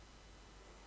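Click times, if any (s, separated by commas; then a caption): none. A plastic electrical connector is being handled as it is pushed back onto the diesel fuel injector of a 2011 Citroen C4 Grand Picasso. Only steady broadband noise with faint rustling is heard, and nothing has seated or clicked yet.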